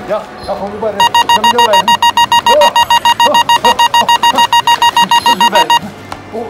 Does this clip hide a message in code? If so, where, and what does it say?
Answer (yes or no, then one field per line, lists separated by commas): no